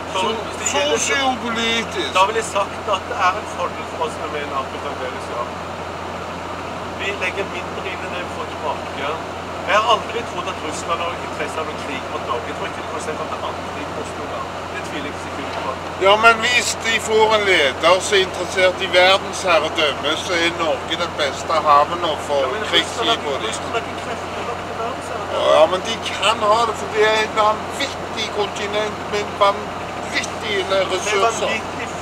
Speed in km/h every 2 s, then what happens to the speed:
78, 78, 78, 78, 79, 79, 79, 79, 79, 79, 79, 80, 80, 81, 80, 81.
0-32 steady at about 79.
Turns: none.